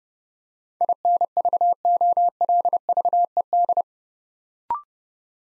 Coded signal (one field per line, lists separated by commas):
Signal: Morse code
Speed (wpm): 29 wpm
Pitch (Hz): 700 Hz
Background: none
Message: INVOLVED